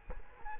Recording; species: mosquito wingbeat signal from an infrared sensor; Culex quinquefasciatus